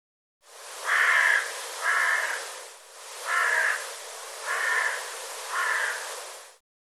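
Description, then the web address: Bird giving harsh, hoarse cawing calls, five grating notes spaced roughly a second apart, over a steady hiss in the background. "cianscape birddata Deverinetal 2025 File cleaned normalized Bird"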